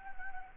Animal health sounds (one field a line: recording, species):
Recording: mosquito wingbeat signal from an infrared sensor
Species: Anopheles arabiensis